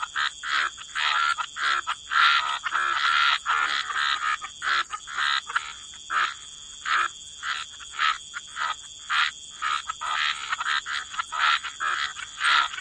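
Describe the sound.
Frogs calling in a chorus, harsh croaking bursts with short silences between, over a constant high hiss.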